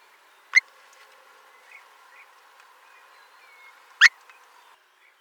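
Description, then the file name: Eurasian stone-curlew calling twice, brief loud upward-sweeping whistles roughly three and a half seconds apart, with faint whistles in between. "Marco Dragonetti - Avdotka Burhinus oedicnemus"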